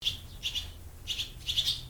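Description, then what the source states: Barn Swallows twittering: short bright chirps in a few small bursts. Swallows with deeply forked tails and dark blue bodies swooping and diving around a barn in a town just north of Boulder, Colorado.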